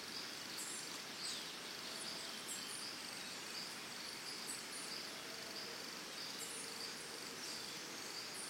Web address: Big Room Sound Birds Crickets Costa Rica Early Morning